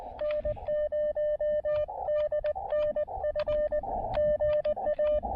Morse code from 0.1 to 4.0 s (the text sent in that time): N0DNF